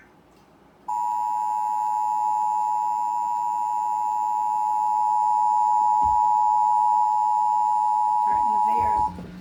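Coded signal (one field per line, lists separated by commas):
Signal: Emergency Alert System (SAME) tones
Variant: 853 and 960 Hz attention tone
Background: speech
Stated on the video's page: Required monthly tests relayed through the Connecticut state EAS.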